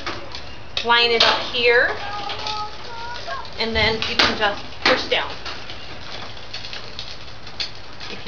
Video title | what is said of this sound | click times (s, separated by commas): Replacing a water fill valve on a washing machine 2 of 2 | you've got it light up there and it snaps right into place | 7.6 s